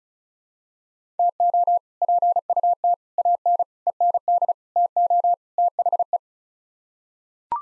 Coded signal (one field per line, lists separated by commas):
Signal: Morse code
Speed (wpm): 34 wpm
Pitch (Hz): 700 Hz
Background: none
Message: TO PUT AN END TO THE